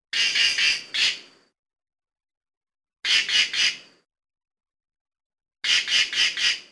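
Cock-of-the-rock call: harsh, nasal squawks in bursts of three or four quick notes, each burst repeated about every two and a half to three seconds, with silence between.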